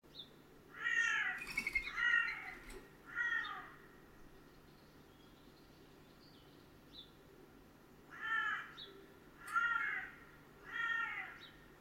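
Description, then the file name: Carrion crow cawing in two bursts of three rasping, grating calls, separated by a pause of several seconds, over a constant low hum. "Corvus corone"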